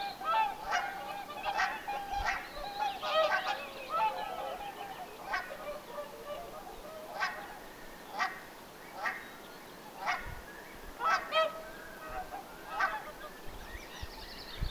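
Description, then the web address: Whooper swans giving harmonic trumpeting honks, busy at first and then spaced out, roughly one call per second or two. Whooper swans calling in summer on 1 June 2025; apparently young birds on the shore. "paivat 1 6 2025 laulujoutsenten aantelya kesalla ilmeisten nuorten rannalla"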